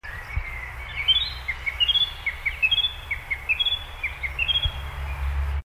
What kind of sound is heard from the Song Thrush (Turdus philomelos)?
song